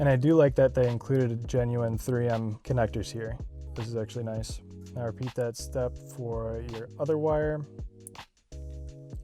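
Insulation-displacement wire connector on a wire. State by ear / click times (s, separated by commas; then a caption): seated / 8.1 s. Someone talks over music while a second wire is pushed into a genuine 3M plastic insulation-displacement splice connector, part of a Falk E9X oddments tray install, and the connector is squeezed shut with needle-nose pliers. A short, sharp click at 8.1 s marks the connector clicking closed and seating on the wire.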